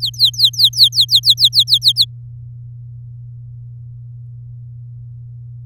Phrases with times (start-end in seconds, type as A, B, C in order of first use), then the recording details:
0.00-2.05 A. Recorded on 7 May 2018 at 16:55. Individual llb16